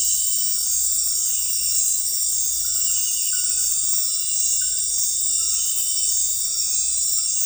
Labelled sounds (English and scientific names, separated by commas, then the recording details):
none
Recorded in dense forest near Puerto Asís, Putumayo, Colombia, on 20 February 2024 at 01:30
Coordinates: 0.484, -76.317
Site G6464